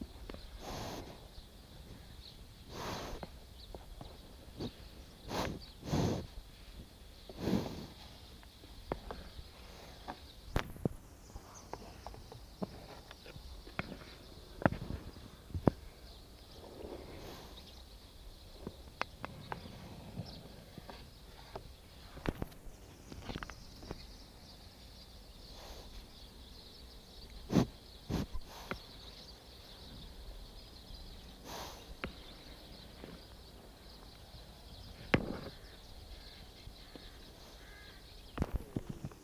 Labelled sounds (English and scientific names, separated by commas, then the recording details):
Wapiti (Cervus canadensis)
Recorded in captivity
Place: Tierpark Berlin, Berlin, DE
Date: 1968-01-27 10:00
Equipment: R.20/1, Sennheiser MD 421
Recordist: Tembrock, Günter